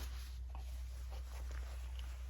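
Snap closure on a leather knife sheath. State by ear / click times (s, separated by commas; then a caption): not seated / none. A Buck 110 folding knife is handled at a tight leather belt sheath with a snap closure, over a steady low hum. Brief handling taps come at about 0.6, 1.6 and 2.0 seconds. The snap has not closed and nothing has seated yet.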